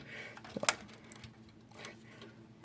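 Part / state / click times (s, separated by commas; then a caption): RAM module into motherboard DIMM slot / seated / 0.7 s. A RAM memory stick is pressed into a motherboard DIMM slot until it snaps in. A few soft taps lead to a sharp, bright latch click at 0.7 s, followed by faint ticks and low handling noise. The module is seated.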